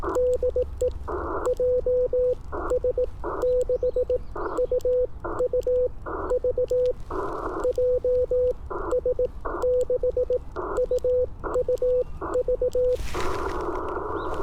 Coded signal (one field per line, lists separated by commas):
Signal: Morse code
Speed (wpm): 18 wpm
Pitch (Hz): 500 Hz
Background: none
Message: DE JS6UUV JS6UUV